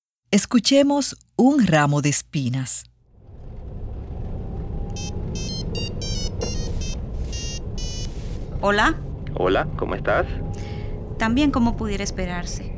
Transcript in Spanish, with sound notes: Escuchemos «Un ramo de espinas».
(Suena el teléfono) Hola.
Hola, ¿cómo estás?
Tan bien como puede esperarse.